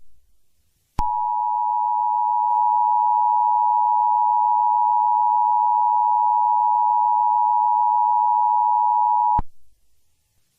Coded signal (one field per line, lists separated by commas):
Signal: Emergency Alert System (SAME) tones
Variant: 853 and 960 Hz attention tone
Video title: EAS test fail